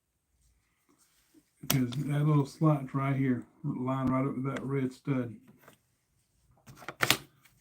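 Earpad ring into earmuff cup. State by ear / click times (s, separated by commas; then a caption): seated / 7.0 s, 7.1 s. Someone talks while lining up the slot on a plastic earpad ring with the red stud on a 3M Peltor hearing-protection earmuff cup, then presses the ring back on. A few faint plastic taps follow, then two sharp clicks at 7.0 s and 7.1 s as the ring snaps into the cup. It seats with no problems.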